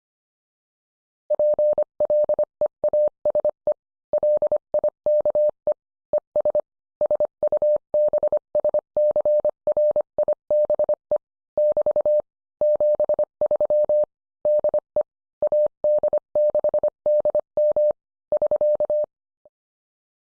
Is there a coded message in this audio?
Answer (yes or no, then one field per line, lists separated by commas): yes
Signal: Morse code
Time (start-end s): 1.3-19.0 s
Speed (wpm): 25 wpm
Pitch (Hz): 600 Hz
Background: none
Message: PLEASE LIKE ES SUBSCRIBE <BT> 73 DE AD6DM <SK>